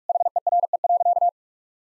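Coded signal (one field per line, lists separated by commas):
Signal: Morse code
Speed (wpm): 41 wpm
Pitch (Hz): 700 Hz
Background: none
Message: HERE.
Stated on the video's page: Morse practice of sentences with common six-word phrases at 45 wpm, each sent twice.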